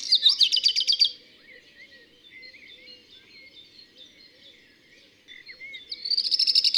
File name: Rougequeue noir